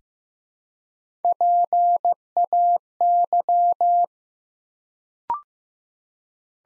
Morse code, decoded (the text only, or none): PAY